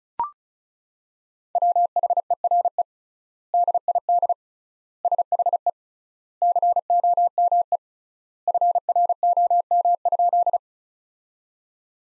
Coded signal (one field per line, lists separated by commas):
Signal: Morse code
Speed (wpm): 34 wpm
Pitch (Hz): 700 Hz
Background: none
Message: WHERE DID SHE COME FROM?